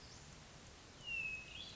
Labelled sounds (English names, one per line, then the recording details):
Hermit Thrush
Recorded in Sonoma County, California